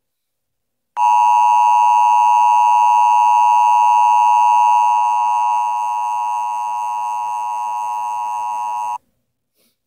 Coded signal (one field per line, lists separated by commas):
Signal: Emergency Alert System (SAME) tones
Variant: 853 and 960 Hz attention tone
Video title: EAS Warning